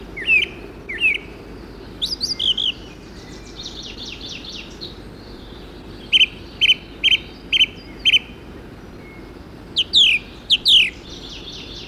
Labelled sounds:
Song Thrush (Turdus philomelos) song
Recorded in the wild
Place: Sapareva Banya, Rila-Gebirge, Sofia, BG
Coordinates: 42.29, 23.269
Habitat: Montains
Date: 1974-05-20
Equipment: Nagra III BH, Sennheiser MD 21, parabola
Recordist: Schubert, Michael

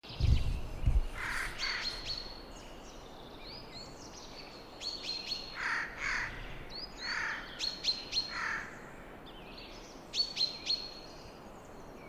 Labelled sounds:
Eurasian Jay (Garrulus glandarius) call
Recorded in the wild
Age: adult
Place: Frauenstein, Erzgebirge, Sachsen, DE
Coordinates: 50.7944, 13.5292
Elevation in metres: 530
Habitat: wood
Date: 2008-03-29
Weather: cloudy, 2°C, moderate winds
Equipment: Sound Devices 702, Sennheiser MKH 70, Windkorb
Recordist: Frommolt, Karl-Heinz

